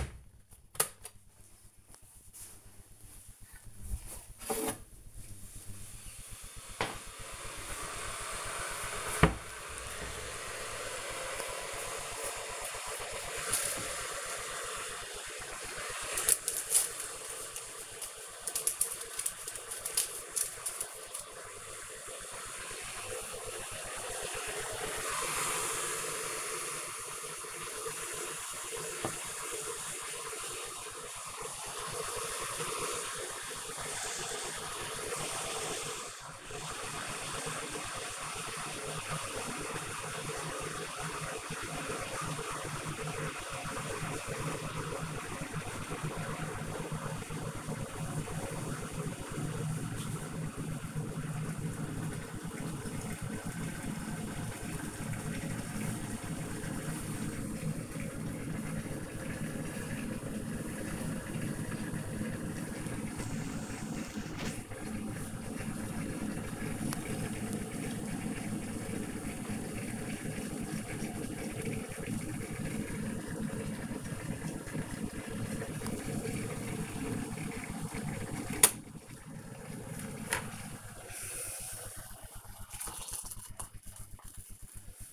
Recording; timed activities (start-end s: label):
household activities, microphone on the right wrist
0.00-85.13 s: making tea